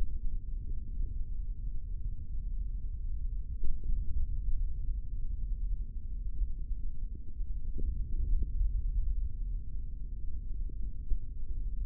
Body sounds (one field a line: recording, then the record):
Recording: forearm muscle sounds (acoustic myography)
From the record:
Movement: finger pinch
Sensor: system 3, bracelet of six PUI Audio POM-2738L microphones around the upper forearm, with dedicated amplification and filtering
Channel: 2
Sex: male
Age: 25 years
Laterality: right